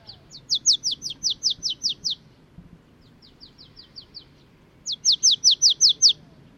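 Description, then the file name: Marsh tit giving rapid rattling series of high, sharp notes, about six to eleven per burst, repeated three times with short pauses between. "Poecile palustris"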